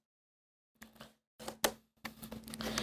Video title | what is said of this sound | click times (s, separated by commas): Window Vent Sash Track Replacement V1 | get it back it get it back in there snap it back into place | 1.6 s